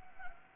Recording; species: mosquito wingbeat signal from an infrared sensor; Anopheles gambiae